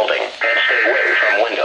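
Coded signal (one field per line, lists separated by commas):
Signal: Emergency Alert System (SAME) tones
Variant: header bursts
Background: speech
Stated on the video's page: Real severe thunderstorm warnings recorded from Eton ZoneGuard and Midland WR-100 weather radios.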